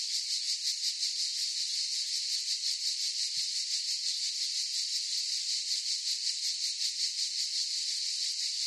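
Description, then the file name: Cicadas in a dense chorus, a continuous high shrill buzz with fast pulsing, unbroken throughout. Cicadas in a forest chorus. "gain walkers CICADAS Forest Chorus"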